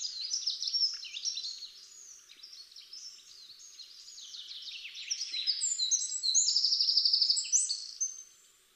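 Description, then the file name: Eurasian wren pouring out a continuous, high-pitched jumble of twittering notes, building to a loud, rapid trill near the end. "Troglodytes troglodytes"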